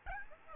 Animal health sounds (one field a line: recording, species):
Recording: mosquito wingbeat signal from an infrared sensor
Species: Aedes albopictus